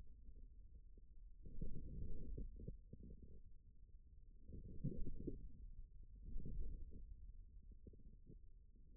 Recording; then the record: forearm muscle sounds (acoustic myography)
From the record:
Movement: forearm supination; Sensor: system 1, eight BSWA MPA416 microphones around the upper forearm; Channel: 6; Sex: male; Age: 41 years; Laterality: right